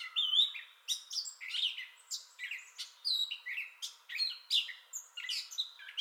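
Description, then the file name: Gray catbird singing energetic, disjointed phrases of nasal squeaks and buzzy whistles, each brief phrase separated by tiny pauses. Entire song bout, recorded 30 May 2021. "2021-05-30 Gray Catbird Entire Song Bout"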